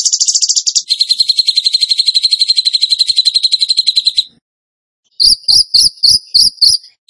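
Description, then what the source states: Bird song: a high rapid trill, then a long steady series of fast buzzy notes, a pause, and a short series of sharp, spaced chips. Masteran (training recording) of bird song in tembakan gacor style.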